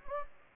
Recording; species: mosquito wingbeat signal from an infrared sensor; Anopheles gambiae